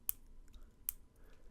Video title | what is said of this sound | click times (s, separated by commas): LEGO World Racers Jagged Jaws Reef 8897 Build And Review! Forgotten Theme? Few Parts, 2 Vehicles! | So, we can open and close that. Satisfying click. | 0.1 s, 0.9 s